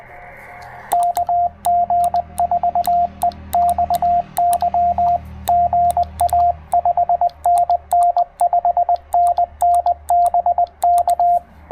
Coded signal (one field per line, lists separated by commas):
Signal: Morse code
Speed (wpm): 20 wpm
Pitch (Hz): 700 Hz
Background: radio noise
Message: KG4EXY GA 5NN 5NN BK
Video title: It's Good to be Back: First POTA Activation Post-Hurrican Helene!